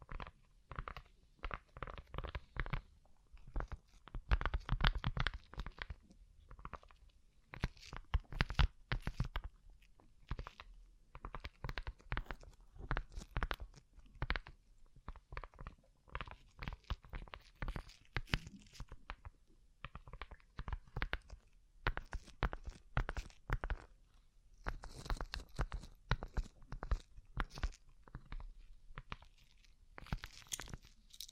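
Fingertips tap across a rhinestone-covered surface in quick, dense bursts of small crisp clicks and crunchy scratches. The tapping runs almost without pause for the whole half minute, uneven in rhythm, with a few brief quieter gaps and some louder flurries around the fifth and ninth seconds.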